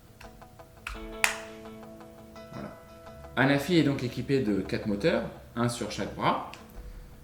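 A plastic flight battery is slotted by its lugs into the battery bay of a folding camera drone, a Parrot Anafi, then tipped down until it seats with a sharp click at 1.2 s, the loudest hit in the clip. Soft taps come before it, and background music plays throughout. Afterward someone talks.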